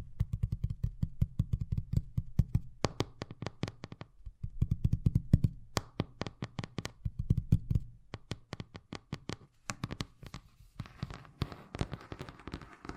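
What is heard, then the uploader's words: Fast tapping in quick, sharp bursts, each tap a crisp click with a thuddy low body. Rapid runs alternate with sparser, brighter taps and short pauses around 4 and 8 seconds. Near the end a soft hiss sits under the taps. ASMR Braingasm Inducing Fast Tapping (No Talking).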